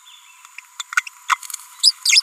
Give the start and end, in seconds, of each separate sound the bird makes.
1.83-1.92, 2.05-2.21